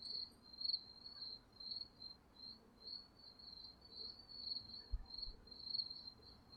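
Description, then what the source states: Cricket chirping, soft and high-pitched, in evenly spaced pulsing bursts over a faint low background noise with a short thump near the end. Crickets recorded at night.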